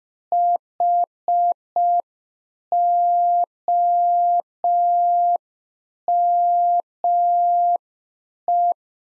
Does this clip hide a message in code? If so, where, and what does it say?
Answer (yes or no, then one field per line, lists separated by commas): yes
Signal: Morse code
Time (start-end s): 0.3-8.7 s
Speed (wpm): 5 wpm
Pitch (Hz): 700 Hz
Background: none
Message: HOME